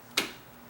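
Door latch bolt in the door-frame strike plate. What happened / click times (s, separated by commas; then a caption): The door latch shifts with a single click, caught but not held snug / 0.2 s. A closed, latched door is pulled, and the latch bolt shifts in the metal door-frame strike plate with a single sharp click at 0.2 s that fades over about a quarter second. The strike plate is set a hair too far over, so the latch is caught but not held snug and the door chatters.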